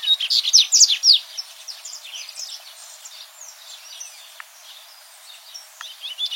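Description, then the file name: Dubois's seedeater: a lively rush of high, clipped chirps for about a second, then quieter twittering and a few faint notes, with a fresh phrase starting at the end. "Canto do Papa capim de costas cinzas"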